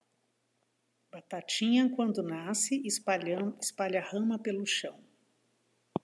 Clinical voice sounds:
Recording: short text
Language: Brazilian Portuguese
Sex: female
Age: 60 to 69 years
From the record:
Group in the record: control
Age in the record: 60 years

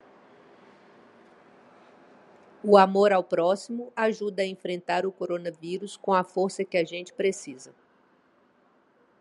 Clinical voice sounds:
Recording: spoken sentence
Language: Brazilian Portuguese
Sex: female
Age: 50 to 59 years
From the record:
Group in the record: control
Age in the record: 52 years

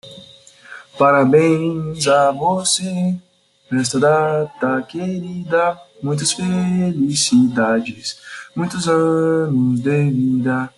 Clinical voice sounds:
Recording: short text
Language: Brazilian Portuguese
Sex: male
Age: 20 to 29 years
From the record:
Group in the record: control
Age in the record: 23 years

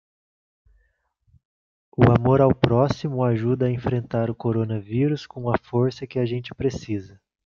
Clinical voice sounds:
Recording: spoken sentence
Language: Brazilian Portuguese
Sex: female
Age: 30 to 39 years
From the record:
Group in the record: control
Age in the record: 37 years

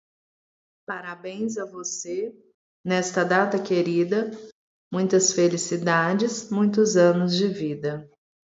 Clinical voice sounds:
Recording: short text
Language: Brazilian Portuguese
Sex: female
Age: 40 to 49 years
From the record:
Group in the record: control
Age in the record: 42 years

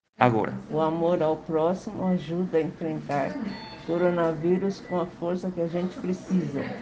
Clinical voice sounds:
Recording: spoken sentence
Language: Brazilian Portuguese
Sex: female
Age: 60 to 69 years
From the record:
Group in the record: respiratory insufficiency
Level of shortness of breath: 5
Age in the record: 60 years

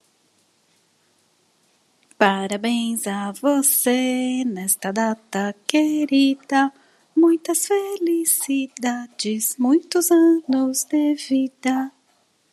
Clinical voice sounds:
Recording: short text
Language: Brazilian Portuguese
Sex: female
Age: 40 to 49 years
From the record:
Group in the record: control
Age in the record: 47 years

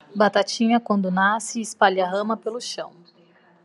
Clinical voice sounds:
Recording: short text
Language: Brazilian Portuguese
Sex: female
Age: 30 to 39 years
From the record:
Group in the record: control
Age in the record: 39 years

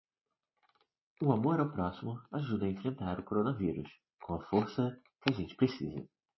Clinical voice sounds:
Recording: spoken sentence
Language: Brazilian Portuguese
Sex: male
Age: 30 to 39 years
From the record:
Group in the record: control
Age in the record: 37 years

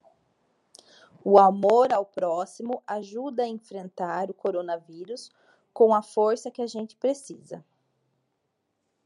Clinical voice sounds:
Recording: spoken sentence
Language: Brazilian Portuguese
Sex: female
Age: 30 to 39 years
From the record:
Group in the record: control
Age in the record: 37 years

